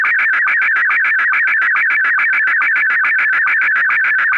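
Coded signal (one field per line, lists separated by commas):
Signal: SSTV (slow-scan television)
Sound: fast, regular warbling chirps between mid and high tones, repeating about eight times a second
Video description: I have included SSTV Audio Examples for you to test with.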